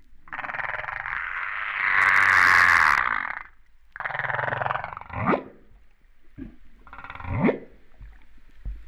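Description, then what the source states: Humpback whale calls: a long broad harmonic roar, then a buzzy moan closing with an upward sweep, a short click-like pulse, and a final rising whoop. Recorded off Réunion on 13 September 2011, about 08:35.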